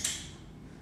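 A plastic side-release buckle on a body support band is pressed open to disconnect it, giving a short, sharp click at 0.1 s. The click is bright in the high frequencies and fades quickly into a quiet, low background hum. The buckle comes apart and the band is released.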